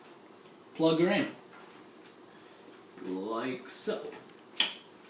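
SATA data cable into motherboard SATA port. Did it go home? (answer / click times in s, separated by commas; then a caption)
yes / 4.6 s. Someone talks while a SATA data cable for the hard drive is pushed into SATA 6 Gb/s port number one on the motherboard. A short, sharp click at 4.6 seconds marks the cable latching into the port, fully seated.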